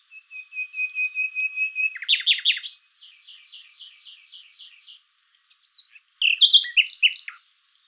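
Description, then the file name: Common nightingale song: a run of repeated pure whistled notes, then rapid buzzy trills and a pause before sharp, varied chirping phrases. "Luscinia megarhynchos"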